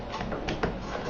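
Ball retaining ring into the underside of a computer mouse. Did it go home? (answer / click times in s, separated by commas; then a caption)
yes / 0.6 s. The plastic retaining ring that holds the ball in the bottom of a ball mouse is set back into the mouse's underside, indexed, and rotated by hand. A short, sharp click at 0.6 s marks the ring locking into place, with softer handling sounds around it at about 0.5 s and 1.1 s. The ring is seated and locked.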